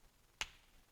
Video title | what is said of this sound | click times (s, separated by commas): Kilgore International - KPEK Case - Dental Patient Education Kit | you hear that snap patient here's a snap you hear the snap | 0.4 s